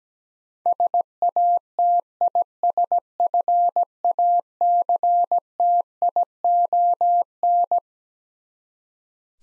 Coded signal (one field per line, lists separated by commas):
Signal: Morse code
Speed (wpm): 17 wpm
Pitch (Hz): 700 Hz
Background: none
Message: SATISFACTION